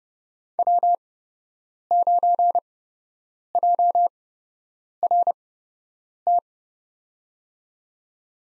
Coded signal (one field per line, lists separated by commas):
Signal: Morse code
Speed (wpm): 32 wpm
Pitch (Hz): 700 Hz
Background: none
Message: W9JRT